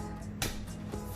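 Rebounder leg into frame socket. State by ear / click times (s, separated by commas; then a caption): seated / 0.4 s. The last leg piece of a mini trampoline (rebounder) is pushed onto its frame fitting after the spring tabs are squeezed, and a single sharp snap rings out at 0.4 s over steady background music. The leg seats into the frame socket.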